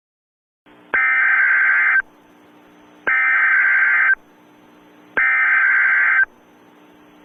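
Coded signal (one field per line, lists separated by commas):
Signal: Emergency Alert System (SAME) tones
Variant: header bursts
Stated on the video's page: Fictional zombie EAS scenario, not a real alert.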